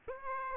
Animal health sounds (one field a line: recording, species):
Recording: mosquito wingbeat signal from an infrared sensor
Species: Aedes aegypti